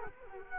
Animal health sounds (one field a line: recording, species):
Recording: mosquito wingbeat signal from an infrared sensor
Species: Culex quinquefasciatus